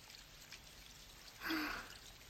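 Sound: rain falling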